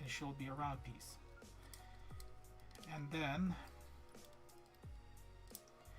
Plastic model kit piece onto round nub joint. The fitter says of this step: as you guys can see, it didn't snap on fully, so